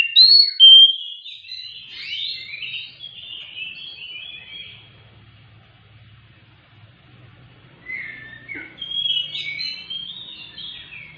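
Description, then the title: Oriental magpie-robin song: bright whistled opening, then a fast jumble of chattering notes, a quieter pause with low hum, and another burst of varied scratchy phrases. Lure recording of fierce, persistent kacer chattering song meant to provoke a reluctant, quiet magpie-robin into responding, singing and fighting. "Kacer Langsung Tarung Konslet KACER NGOTOT FULL TEMBAKAN. Pancing 30 DETIK SAJA Kacer MALES BUNYI jadi RESPON GACOR Dengan Ocehan Kacer GACOR pedas"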